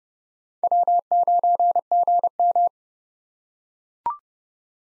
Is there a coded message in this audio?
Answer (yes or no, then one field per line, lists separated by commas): yes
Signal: Morse code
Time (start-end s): 0.6-2.7 s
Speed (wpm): 30 wpm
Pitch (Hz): 700 Hz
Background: none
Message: W9GM